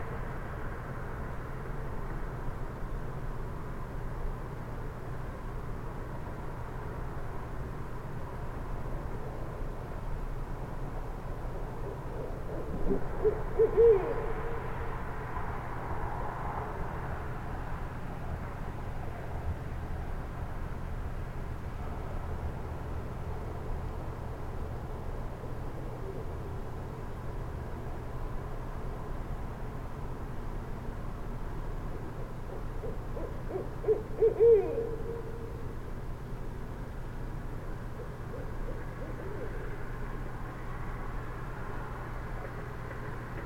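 A Barred Owl calls twice, a short hooting phrase around 13 seconds and another around 34 seconds, mid-pitched. Between calls a steady low rumble of traffic fills the background, with a faint airy hiss above it.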